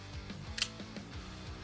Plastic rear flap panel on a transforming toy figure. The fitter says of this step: right in between his legs and then just start snapping everything down